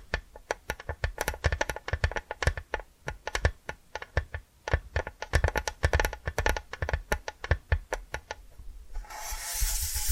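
Hypnotic tapping, quick sharp taps in an uneven but steady stream, like fingers on a keyboard, several per second for about nine seconds. Near the end the taps stop and give way to a continuous, hissy scratching sound.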